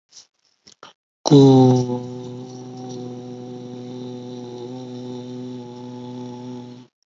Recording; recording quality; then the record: sustained vowel as in boot; excellent, no background noise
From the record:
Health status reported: healthy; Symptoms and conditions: none ticked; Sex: male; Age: 45 years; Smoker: not ticked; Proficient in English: yes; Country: India